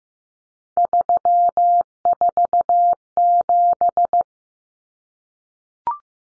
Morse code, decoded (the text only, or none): 347